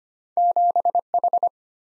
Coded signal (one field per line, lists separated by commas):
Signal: Morse code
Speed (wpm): 34 wpm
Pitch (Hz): 700 Hz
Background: none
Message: 7H